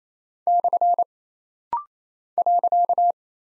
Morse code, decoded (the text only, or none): / .